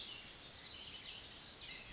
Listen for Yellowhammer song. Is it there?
no